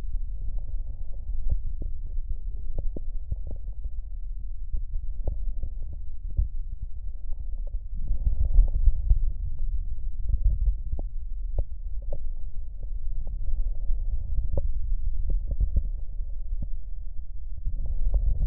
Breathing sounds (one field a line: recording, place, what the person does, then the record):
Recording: lung sounds by stethoscope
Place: left posterior basal chest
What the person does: quiet breathing, then deep breathing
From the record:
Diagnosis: COPD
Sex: male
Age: 80 years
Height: 171 cm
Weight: 75 kg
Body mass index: 25.6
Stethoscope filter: extended mode